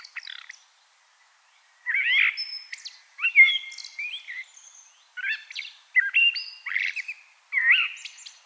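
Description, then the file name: Common blackbird song: warbled, fluting phrases broken by squeaky twitters, delivered in bursts separated by short pauses. "Turdus merula"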